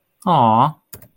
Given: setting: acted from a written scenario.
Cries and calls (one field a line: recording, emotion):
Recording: vocal sound without words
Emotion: adoration